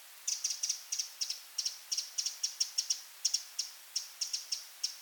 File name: Troglodytes troglodytes